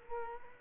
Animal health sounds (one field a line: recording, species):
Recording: mosquito wingbeat signal from an infrared sensor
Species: Culex quinquefasciatus